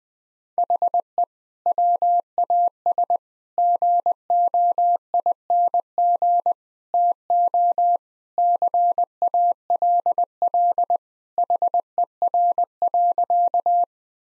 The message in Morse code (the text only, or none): HE WAS GOING TO CALL HER.